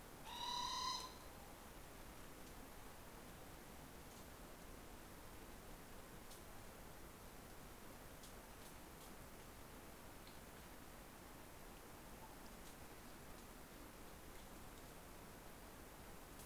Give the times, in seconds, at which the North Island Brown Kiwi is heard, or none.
none